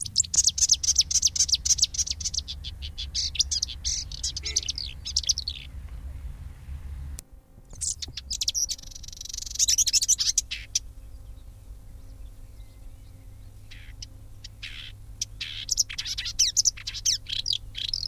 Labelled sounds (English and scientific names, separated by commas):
Marsh Warbler (Acrocephalus palustris)